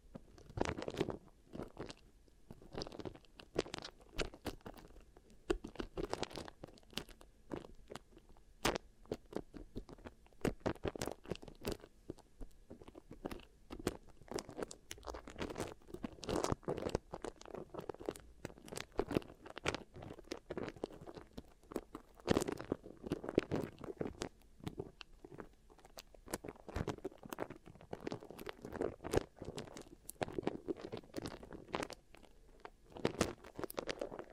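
Beeswax is worked for ear triggers, giving a steady run of sticky crunching and crackling. Dense, irregular clicks and pops come several times a second for the whole stretch, bright and snappy, with softer squishy textures in between and no pauses.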